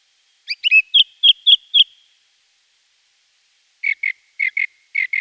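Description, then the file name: Song thrush song: a short introduction and a phrase of four repeated bright notes, then after a pause a phrase of repeated doubled notes. "Singdrossel"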